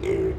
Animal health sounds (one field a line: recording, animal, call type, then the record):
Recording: contact call of a hoofed animal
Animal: pig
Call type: closed-mouth grunt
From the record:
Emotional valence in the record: negative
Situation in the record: short social isolation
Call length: 0.39 s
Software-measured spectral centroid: 1380 Hz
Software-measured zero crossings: 710 a second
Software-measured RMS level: -24 dBFS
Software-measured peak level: -14 dBFS